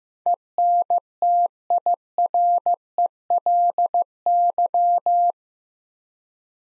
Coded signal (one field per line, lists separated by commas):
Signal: Morse code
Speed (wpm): 15 wpm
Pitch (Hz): 700 Hz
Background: none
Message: ENTIRELY